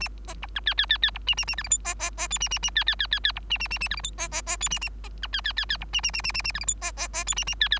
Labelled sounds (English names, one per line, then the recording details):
Bengalese Finch song
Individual Bird3